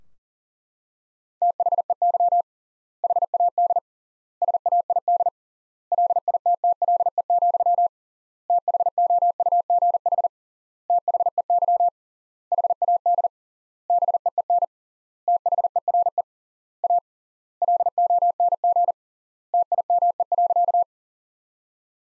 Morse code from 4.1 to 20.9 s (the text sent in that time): SAID LITTLE, THOUGH THEY HAD BEEN THERE A LONG TIME.